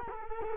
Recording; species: mosquito wingbeat signal from an infrared sensor; Culex quinquefasciatus